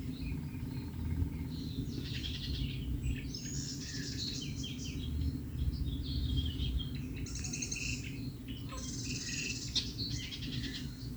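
Songbirds singing together, overlapping high twittering phrases, trills and whistles from several birds over a steady low rumble.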